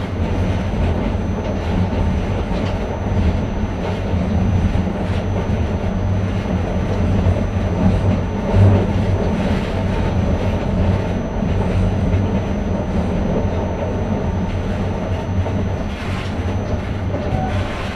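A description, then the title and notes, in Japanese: Riding inside a small local train, the car fills with a steady low rumble and hum that barely changes over the whole stretch. Wheel noise and faint clatter run underneath, with a slight bump around the middle and muffled chatter in the background. 四日市あすなろう鉄道 内部→日永→西日野→日永。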